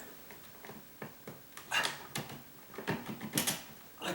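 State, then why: Seated. A smoke alarm body is twisted onto its ceiling mounting base, turned until its ratchet makes small clicking sounds. Sharp clicks are heard at 1.0, 1.6, 1.9, 2.2, 2.9 and 3.4 seconds among soft scraping and rubbing, and the alarm ends up seated on the base.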